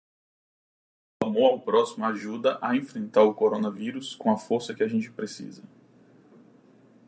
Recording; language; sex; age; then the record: spoken sentence; Brazilian Portuguese; male; 30 to 39 years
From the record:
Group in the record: control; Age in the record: 36 years